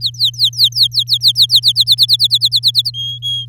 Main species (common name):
Domestic Canary